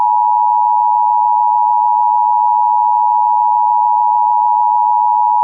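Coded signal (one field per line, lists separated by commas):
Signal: Emergency Alert System (SAME) tones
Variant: 853 and 960 Hz attention tone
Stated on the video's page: Simulated EAS scenario.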